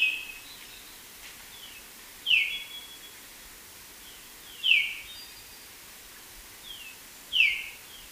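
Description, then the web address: Golden-rumped euphonia giving soft, downslurred whistled notes roughly every two and a half seconds, with fainter short whistles between them over a quiet hiss. Recorded in Ecuador. "Birds of Ecuador. Golden-rumped Euphonia"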